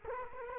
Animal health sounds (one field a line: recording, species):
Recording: mosquito wingbeat signal from an infrared sensor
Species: Culex quinquefasciatus